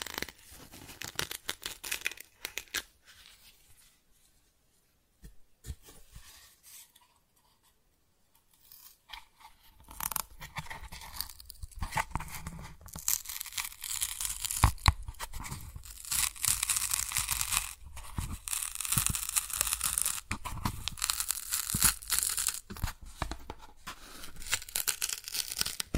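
Cardboard being scratched and torn, starting with scattered rough scrapes, then a near-silent pause from about five to ten seconds. After that the scratching and ripping returns denser and brighter, a dry crackling texture with sharp tears until the end.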